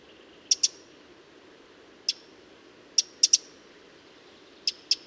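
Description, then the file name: Eurasian wren giving several sharp tick calls, singly or in small clusters with gaps between, over soft low background hiss. "Troglodytes troglodytes"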